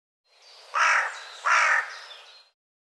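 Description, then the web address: Bird uttering a pair of coarse, croaking caws in quick succession. "cianscape birddata Deverinetal"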